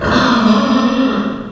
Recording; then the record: squeal of a Yucatan mini pig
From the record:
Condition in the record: after surgery on the right vocal fold (resection and tissue-engineered implant); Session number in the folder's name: 15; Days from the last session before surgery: 175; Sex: female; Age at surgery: 19 weeks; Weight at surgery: 25 kg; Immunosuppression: prednisolone